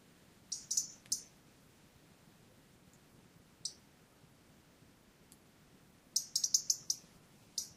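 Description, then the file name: European robin calls, short high ticking clicks: a rapid cluster near the start, scattered single ticks in the middle, then a quick burst of ticks near the end. "Erithacus rubecula"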